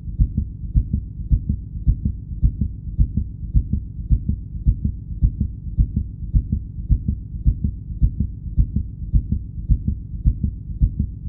Heart beat fast.